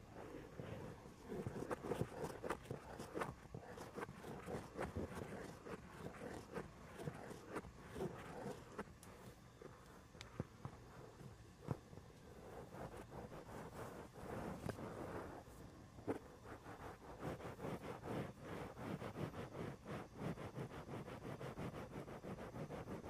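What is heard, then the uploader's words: A head and back scratcher rakes across the microphone, making a dense, continuous run of quick scratchy strokes. The rustling is heavy in the low end, with brighter crackles flicking through, and keeps a steady pace for the whole stretch. ASMR brain scratch // mic touching // head and back scratcher.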